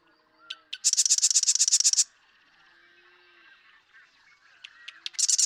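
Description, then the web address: Marsh Wren song: clicking lead-in notes, then a rapid, gurgling, buzzy trill of about one second; a second song begins at the end. "birdsongforthecurious Marsh Wren"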